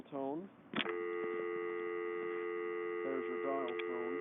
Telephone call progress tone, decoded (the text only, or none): dial tone